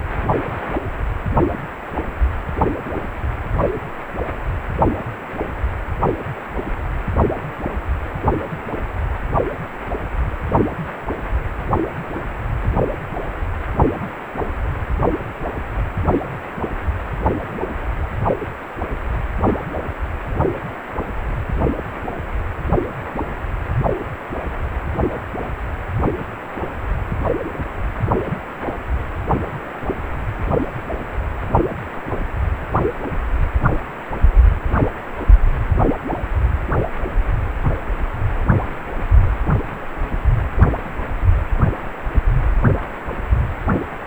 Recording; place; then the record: Doppler ultrasound of blood flow; precordium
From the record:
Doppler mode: pulsed wave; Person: healthy adult, 18 to 50 years, no heart murmur, not diving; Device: 2.5 MHz transducer